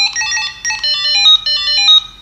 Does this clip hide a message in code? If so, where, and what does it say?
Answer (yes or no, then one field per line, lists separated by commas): no